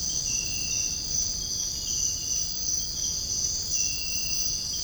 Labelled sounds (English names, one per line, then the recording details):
none
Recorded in dense forest near Puerto Asís, Putumayo, Colombia, on 23 June 2025 at 05:30
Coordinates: 0.481, -76.323
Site G072